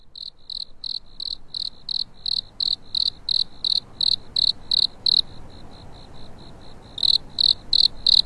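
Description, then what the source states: Cricket chirps in a fast train of high pulses, loud for most, softer for a stretch, then loud again at the end. Cricket awakening on a spring night.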